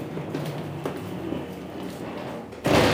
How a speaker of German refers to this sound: Da hinten ist Licht. Nur ein Spalt breit offen. Das muss eine Tür oder sowas sein. Geht ganz schön schwer.